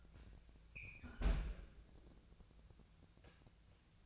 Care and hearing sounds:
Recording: daily activity, microphone in the room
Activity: close fridge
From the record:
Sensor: 2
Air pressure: 999.9 hPa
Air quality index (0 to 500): 124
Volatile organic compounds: 2 ppm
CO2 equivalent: 1062 ppm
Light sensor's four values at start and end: 33/81/35/39 and 33/82/35/39

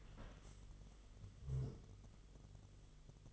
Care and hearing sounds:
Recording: daily activity, microphone in the room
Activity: stand up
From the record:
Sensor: 4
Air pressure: 1005.9 hPa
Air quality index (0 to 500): 112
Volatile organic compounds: 3 ppm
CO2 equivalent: 1403 ppm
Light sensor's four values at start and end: 13/28/11/10 and 13/28/11/10

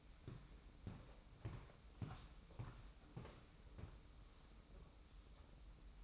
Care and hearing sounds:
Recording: daily activity, microphone in the room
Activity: walk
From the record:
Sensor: 1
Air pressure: 990.7 hPa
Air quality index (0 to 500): 146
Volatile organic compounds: 967 ppm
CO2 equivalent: 5255 ppm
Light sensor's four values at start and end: 29/68/29/31 and 27/63/27/29

